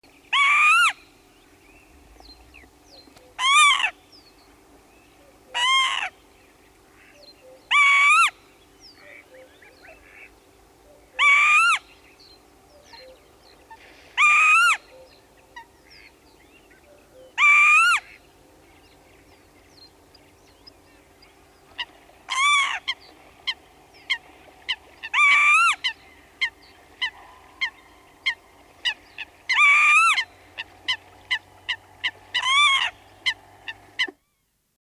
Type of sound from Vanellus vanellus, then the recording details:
call. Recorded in the wild. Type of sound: call. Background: Cuculus canorus, Fulica atra. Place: Walkweiher/Dinkelsbühl, Bayern, DE. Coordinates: 49.0544, 10.3258. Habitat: Weiher. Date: 1971-05-05. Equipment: Uher Report 4200, Scotch-Classic 19cm, AKG D190C in Doppelparabolreflektoren. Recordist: Krey, Winfried. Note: Rufe